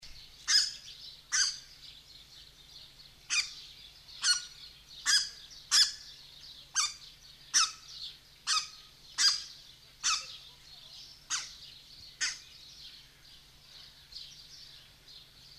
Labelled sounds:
Red-breasted Goose (Branta ruficollis) call
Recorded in captivity
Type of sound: call
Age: adult
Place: Zoo Berlin, Berlin, DE
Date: 1991-06-03
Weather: cloudy, 12-15°C
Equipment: Marantz, Sennheiser ME 80, Kopie Tesla B 116
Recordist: Tembrock, Günter
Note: Kurzlaute

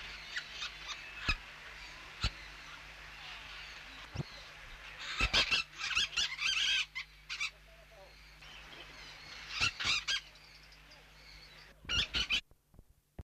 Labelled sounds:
Green Parakeet (Aratinga holochlora) call
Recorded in captivity
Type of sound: call
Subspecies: rubitorquis
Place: Vogelpark Walsrode, Niedersachsen, DE
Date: 1977-09-09
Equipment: Halbspur, 9,5 cm/s
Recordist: Lütgens, Hans
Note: Rufe

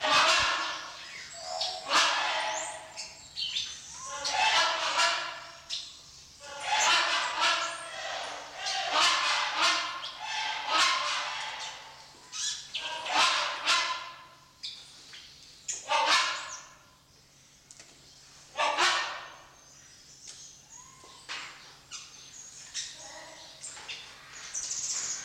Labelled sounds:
Rhinoceros Hornbill (Buceros rhinoceros) duetting
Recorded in captivity
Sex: diverse
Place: Zoo Berlin, Berlin, DE
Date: 1986-12-30 11:08
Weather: slightly cloudy, bright 5°
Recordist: Tembrock, Günter

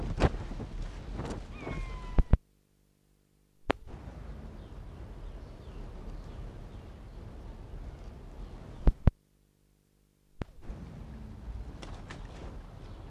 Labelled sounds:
Wapiti (Cervus canadensis) rut call
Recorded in captivity
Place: Zoo Halle, Sachsen-Anhalt, DE
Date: 1960-10-14 10:00
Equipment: Reporter (Vollspur)
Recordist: Tembrock, Günter

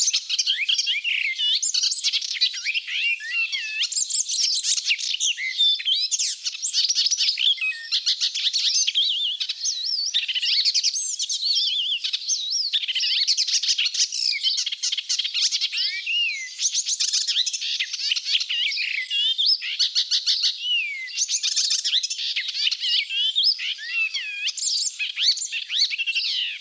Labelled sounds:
Icterine Warbler (Hippolais icterina) song
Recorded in the wild
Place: Flögelner See, Schleswig-Holstein, DE
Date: 1987-05-24
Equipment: Alparon-Reflektor
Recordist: Schwarz, Dieter
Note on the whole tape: Song

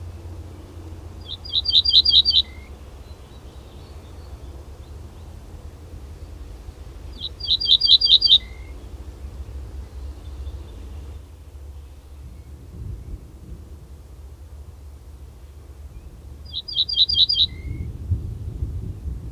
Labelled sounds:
Ortolan Bunting (Emberiza hortulana) song
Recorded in the wild
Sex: male
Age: adult
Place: Schloß Holte-Stukenbrock, Senne, Nordrhein-Westfalen, DE
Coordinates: 51.8672, 8.66139
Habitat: dune
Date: 1972-05-23
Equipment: Uher 4200 Report Stereo, Bändchenmikro Beyer M 260, Parabolspiegel Polyester (600 mm)
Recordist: Conrads, Klaus

